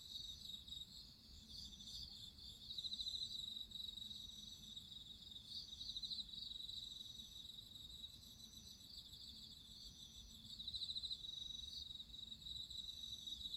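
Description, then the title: Cricket chorus, a steady high trill with louder pulsed bursts every few seconds over a low rumble. Crickets singing at midnight. "Listen to nature crickets singing at midnight"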